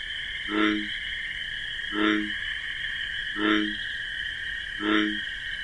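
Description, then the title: Bullfrog repeating four low, humming croaks about one and a half seconds apart, with constant shrill crickets underneath. Nocturnal wetland scene with marsh grasses, crickets chorusing alongside a bullfrog's deep, distinctive 'jug-o-rum' call. "Bullfrog Sound. The Wondrous Wetlands"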